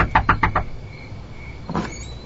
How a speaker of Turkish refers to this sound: Hah, şu kapıda bir yazı var. Ne yazıyor? Kiralık odalar. Tamam, kapıyı çalabilirim.